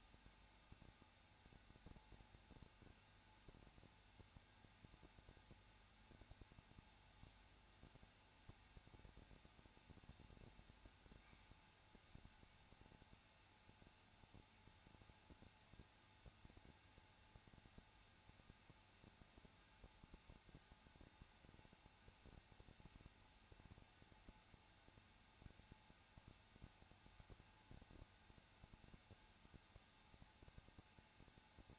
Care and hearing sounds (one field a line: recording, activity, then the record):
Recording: daily activity, microphone in the room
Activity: no activity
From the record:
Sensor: 2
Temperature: 21.0 degrees Celsius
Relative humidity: 34.3%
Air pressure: 994.4 hPa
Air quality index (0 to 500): 171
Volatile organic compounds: 3 ppm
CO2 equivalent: 1329 ppm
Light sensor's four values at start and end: 2/3/2/2 and 2/3/2/2